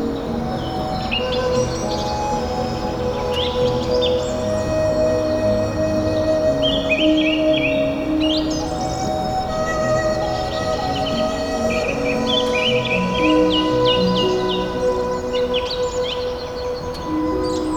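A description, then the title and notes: Birds chirp and trill in bright, busy bursts throughout, their calls overlapping with no real pause. Underneath runs a steady, dense roar of highway traffic, with low droning tones and occasional sustained hums holding the level constant from start to finish. Jungle Birds by the Highway.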